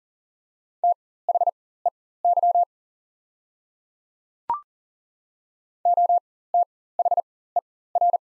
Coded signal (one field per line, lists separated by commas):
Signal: Morse code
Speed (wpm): 40 wpm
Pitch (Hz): 700 Hz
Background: none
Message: THEY OTHER